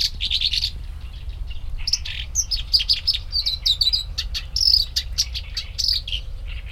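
Black-browed reed warbler song: lively, varied chattering with harsh churrs and sharp high whistled notes in quick succession, over a faint low hum.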